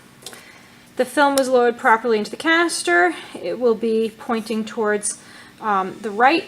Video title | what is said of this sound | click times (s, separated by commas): Loading Film | on the left side, the top of the camera, and pulling up until we hear a pop sound, | 0.3 s